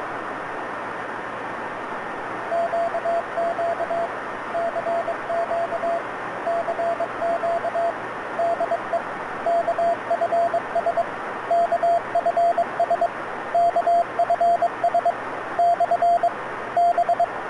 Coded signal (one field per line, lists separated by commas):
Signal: Morse code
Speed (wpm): 21 wpm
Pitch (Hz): 690 Hz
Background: radio noise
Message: QQ CQ CQ DE KFS KFS KFS / B